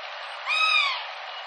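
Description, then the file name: Black swan call, a single bugling note that rises slightly and then falls away, rich in overtones. "kokucho"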